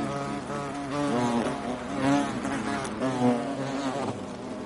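European hornet flight buzz, a low droning hum that swells and wavers in pitch, with a few louder swells.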